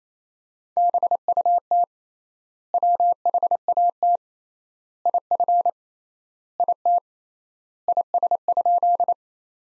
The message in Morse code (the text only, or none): BUT WHAT IF IT IS?